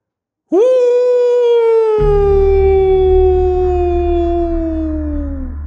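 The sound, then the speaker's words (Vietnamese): A young man sitting in a yard at dusk lets out a single long, drawn-out howl that rises sharply, then holds a steady tone that slowly sinks in pitch over about five seconds, loud and rich in harmonics, with a low rumbling hum joining partway through. “Bỗng dưng nó hú lên một tiếng dài, khiến cho bà Luân đang lúi húi trong bếp giật mình kinh sợ, đánh rơi cả cái giá.”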